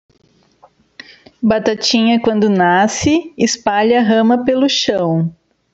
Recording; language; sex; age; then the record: short text; Brazilian Portuguese; female; 30 to 39 years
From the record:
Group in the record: control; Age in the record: 37 years